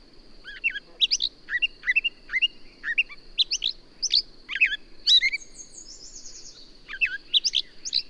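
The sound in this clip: Birdsong of short chirps and rising whistles, with a buzzy trill after the middle, over a constant high-pitched background tone.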